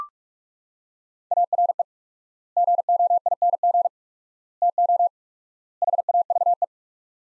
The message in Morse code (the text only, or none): ARE GOING TO HAVE